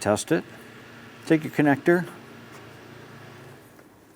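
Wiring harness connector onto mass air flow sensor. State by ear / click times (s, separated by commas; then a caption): not seated / none. A plastic wiring harness connector is brought to the mass air flow sensor on a 2015-2020 Cadillac Escalade and lined up before being snapped on. Someone talks over a low steady background hum. The connector has not seated or clicked yet.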